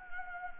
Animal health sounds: mosquito wingbeat signal from an infrared sensor; Anopheles gambiae

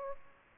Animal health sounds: mosquito wingbeat signal from an infrared sensor; Aedes aegypti

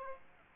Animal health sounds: mosquito wingbeat signal from an infrared sensor; Aedes aegypti

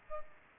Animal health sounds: mosquito wingbeat signal from an infrared sensor; Aedes aegypti

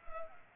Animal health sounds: mosquito wingbeat signal from an infrared sensor; Culex pipiens

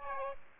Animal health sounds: mosquito wingbeat signal from an infrared sensor; Aedes aegypti

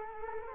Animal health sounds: mosquito wingbeat signal from an infrared sensor; Culex quinquefasciatus

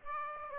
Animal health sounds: mosquito wingbeat signal from an infrared sensor; Aedes aegypti

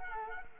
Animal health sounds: mosquito wingbeat signal from an infrared sensor; Culex quinquefasciatus

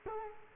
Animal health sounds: mosquito wingbeat signal from an infrared sensor; Culex quinquefasciatus

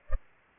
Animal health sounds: mosquito wingbeat signal from an infrared sensor; Culex pipiens

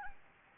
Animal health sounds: mosquito wingbeat signal from an infrared sensor; Anopheles gambiae

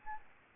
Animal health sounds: mosquito wingbeat signal from an infrared sensor; Aedes albopictus

